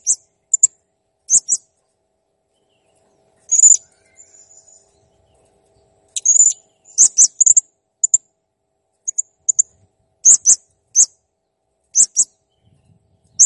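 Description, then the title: Blue-crowned hanging parrot giving scattered piercing high chirps, paired and single, with a faint thin trill between. Master recording for training cage birds; the bird is described as gacor (persistently vocal) and jernih (clear). "Masteran Burung Serindit Masteran Serindit Gacor Jernih"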